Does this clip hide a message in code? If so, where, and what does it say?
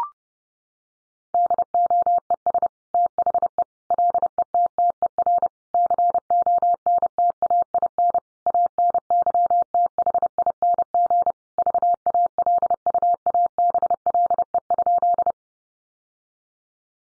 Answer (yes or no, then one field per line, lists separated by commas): yes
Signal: Morse code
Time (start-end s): 1.3-15.3 s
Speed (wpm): 28 wpm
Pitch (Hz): 700 Hz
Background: none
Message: DOES THE LETTER CONTAIN ANYTHING VALUABLE?